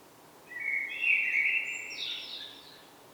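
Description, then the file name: Common blackbird singing a single short phrase, a rich fluted warble sliding upward into a thin higher note. "Turdus merula"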